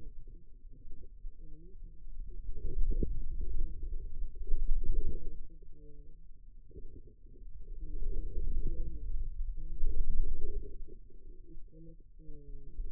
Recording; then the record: forearm muscle sounds (acoustic myography)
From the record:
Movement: wrist extension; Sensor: system 2, bracelet of six BSWA MPA416 microphones around the upper forearm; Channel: 3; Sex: female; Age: 25 years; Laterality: right